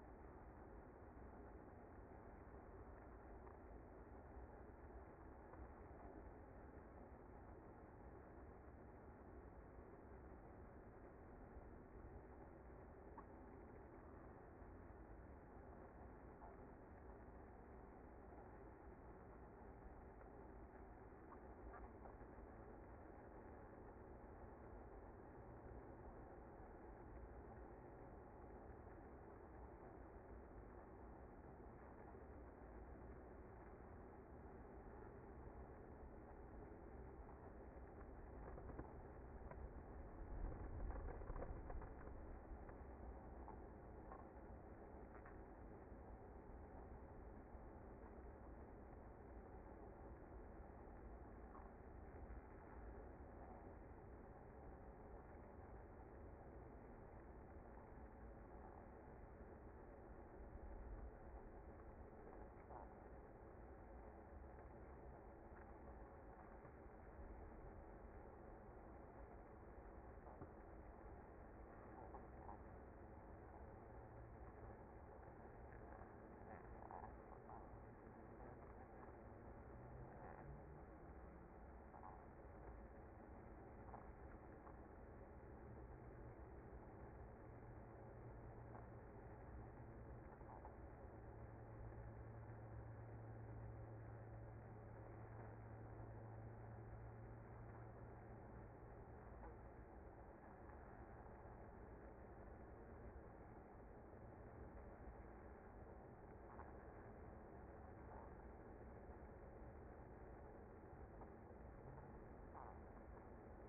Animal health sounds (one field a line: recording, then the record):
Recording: honeybee colony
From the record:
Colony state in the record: active